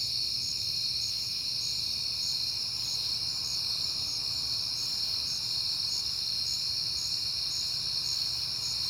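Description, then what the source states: Cricket chorus of constant high trilling, with a sharper chirp repeating regularly on top and a faint low hum beneath. Crickets at night, on a peaceful September night.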